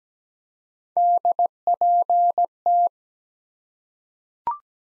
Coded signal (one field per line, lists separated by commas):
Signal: Morse code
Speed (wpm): 17 wpm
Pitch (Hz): 700 Hz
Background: none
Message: DPT